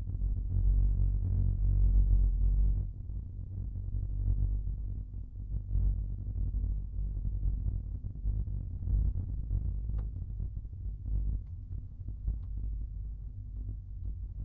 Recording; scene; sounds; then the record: everyday scene through a hearing-aid microphone; in a vehicle; engine, rumble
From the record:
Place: Skoda Fabia, gasoline engine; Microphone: behind the ear, right, front